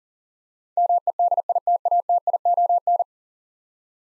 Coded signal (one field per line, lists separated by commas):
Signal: Morse code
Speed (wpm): 40 wpm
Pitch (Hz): 700 Hz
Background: none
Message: MEDITATION